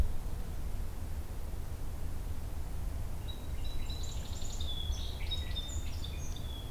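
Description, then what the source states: Song Sparrow song: a quick run of varied high notes in the last few seconds, over a steady low background noise. Repetitive, fairly rapid song; in Beverly Swamp, early April.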